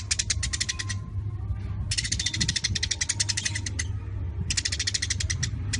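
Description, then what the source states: Eurasian tree sparrow chattering in dense, rapid bursts of harsh buzzy notes, each burst about one to two seconds long with pauses, over a steady low hum. Sparrow in full voice ('gacor'), chattering rapidly and densely ('nyecret rapat').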